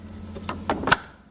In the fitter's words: Seperti itu ya. Dengar nggak? Syahdu suaranya.